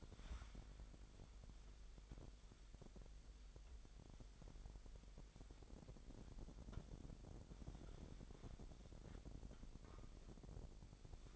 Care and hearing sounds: daily activity, microphone in the room; wipe stove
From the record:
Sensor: 5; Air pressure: 1000.9 hPa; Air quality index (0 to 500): 246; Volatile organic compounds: 34 ppm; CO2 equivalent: 3037 ppm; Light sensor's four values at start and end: 29/66/27/25 and 30/69/28/26

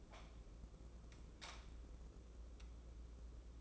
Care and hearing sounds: daily activity, microphone in the room; light on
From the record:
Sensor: 1

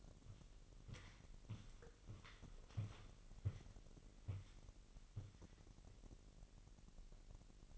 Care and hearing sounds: daily activity, microphone in the room; walk to room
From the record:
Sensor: 4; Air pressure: 1002.8 hPa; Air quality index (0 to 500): 249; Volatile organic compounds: 11 ppm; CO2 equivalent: 2285 ppm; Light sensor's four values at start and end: 10/23/9/9 and 9/20/8/8

